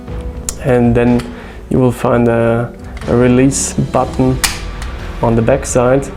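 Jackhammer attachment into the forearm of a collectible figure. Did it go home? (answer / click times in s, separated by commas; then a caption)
yes / 0.5 s. A jackhammer attachment slides into the forearm mechanism of a 1/6 scale plastic Hot Toys Iron Man Mark XXV "Striker" collectible figure and locks into place with a sharp click at 0.5 s. Someone talks throughout the rest of the clip.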